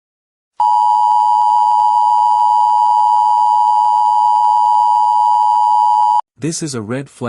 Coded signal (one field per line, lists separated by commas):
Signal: Emergency Alert System (SAME) tones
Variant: 853 and 960 Hz attention tone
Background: speech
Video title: EAS Scenario #10 - Roko's Basilisk